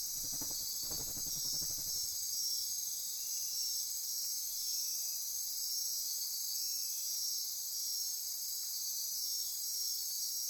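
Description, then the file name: Insect chorus, a dense, steady high-pitched shimmering hum without pause, with a brief low rumble in the first two seconds. Insect chorus recorded at midnight near Corcovado. "Wind-is-the-Original-Radio-Fridays 20240628 Andy-Martin Midnight-Insect-Chorus-Near-Corcovado"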